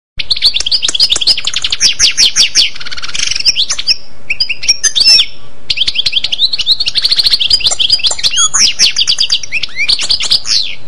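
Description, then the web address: Bird song: rapid, dense twittering with chirps, trills and sweeping whistles in fast bursts. "aves"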